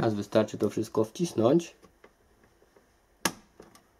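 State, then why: Seated. Someone talks, then a SanDisk Ultra II 2.5-inch SSD is pressed into a tool-less drive cage bracket so the bracket's pins go into the drive's holes. After some faint handling sounds, a sharp click comes at 3.3 s, followed by a couple of softer taps. The drive is seated and mounted in place.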